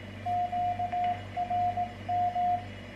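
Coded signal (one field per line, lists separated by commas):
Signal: Morse code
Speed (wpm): 17 wpm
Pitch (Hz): 710 Hz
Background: radio noise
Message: QRM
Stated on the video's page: CW QSO from a homebrew transmitter with an 807 final, about 25 W, covering 80, 40 and 20 m, built in an old BC-375 tuning unit.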